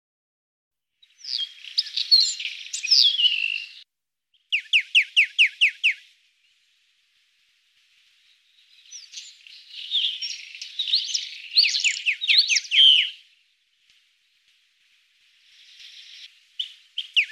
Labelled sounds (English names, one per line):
Eastern Rock Nuthatch song